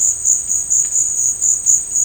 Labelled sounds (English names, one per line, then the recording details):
none
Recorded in dense forest near Puerto Asís, Putumayo, Colombia, on 21 December 2024 at 12:30
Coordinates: 0.481, -76.323
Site G100